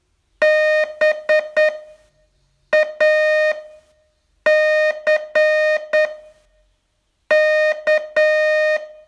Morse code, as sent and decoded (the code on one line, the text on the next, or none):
-... .- -.-. -.-
BACK